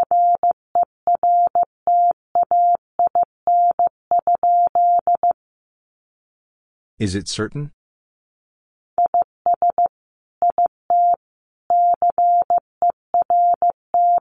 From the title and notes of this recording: Sentences from Top 500 Words 15wpm. First, the words are sent in Morse code.